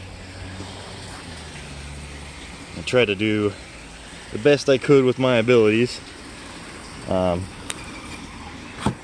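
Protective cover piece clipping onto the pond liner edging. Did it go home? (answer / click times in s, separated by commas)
yes / 7.7 s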